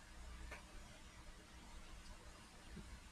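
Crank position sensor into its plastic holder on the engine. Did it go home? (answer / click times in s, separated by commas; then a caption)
no / none. A crank position sensor with an O-ring is pushed into its plastic holder on the engine, with a brief faint scrape near 0.5 s over a steady low hum and hiss. The sensor has not clicked or seated, and the O-ring or the sensor's size may be keeping it from going in.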